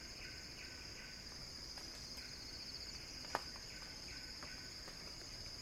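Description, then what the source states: Cicada drone, a constant shrill whine, with faint chirps and one sudden sharp snap partway through. Cicada song building as a crescendo.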